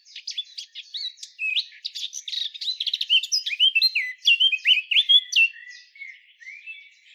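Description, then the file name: Eurasian blackcap singing a rich, continuous warble of quick, varied notes, with slurred phrases that fade softly at the close. "Sylvia atricapilla"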